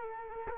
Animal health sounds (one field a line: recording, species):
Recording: mosquito wingbeat signal from an infrared sensor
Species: Culex quinquefasciatus